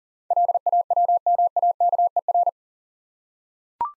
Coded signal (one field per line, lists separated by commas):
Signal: Morse code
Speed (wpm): 38 wpm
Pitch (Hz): 700 Hz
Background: none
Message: LAWMAKER